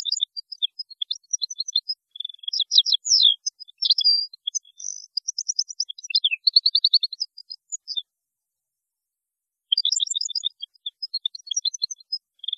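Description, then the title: European goldfinch singing long rapid phrases of tinkling twitters and buzzy trills, with a brief pause before the song resumes. "Chant Chardonneret"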